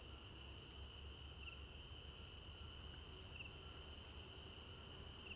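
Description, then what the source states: Crickets in a continuous shrill chorus, high and unbroken, with a softer trill beneath and a low droning hum in the background. Crickets at night in an African village garden; recorded in stereo binaural.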